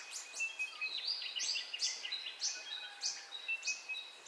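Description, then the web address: Birds chirping busily at dawn, with many high descending notes over layered whistles. Dawn ambience of bird calls, recorded in stereo. "Sound Effects-Foundation Updates AMBIENCE DAWN BIRDCALLS 04 STEREO"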